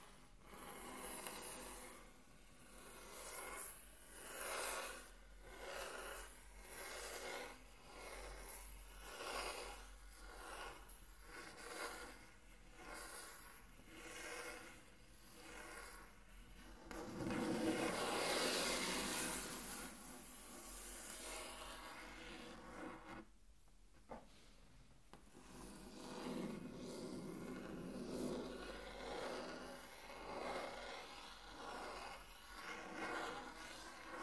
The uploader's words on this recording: Intense Table Tracing (No Talking).